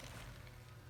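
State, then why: Not seated. A retaining clip for a front axle U-joint bearing cap is handled at the front axle yoke, the first clip fitted, expected to be easy because it should just snap in place. A steady low hum runs throughout, with a brief sharp tap at about 0.5 s. Nothing has seated or clicked yet.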